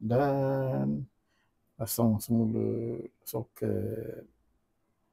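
An electrical plug is being pushed back onto the windscreen washer pump motor of a Toyota Avanza while someone talks. Only speech is heard, with no click. Nothing has seated or clicked yet.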